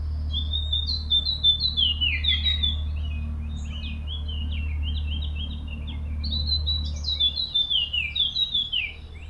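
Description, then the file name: Eurasian blackcap singing repeated phrases of quick, twittering warbled notes that jump up and down, with a low steady hum in the background. "Sylvia atricapilla"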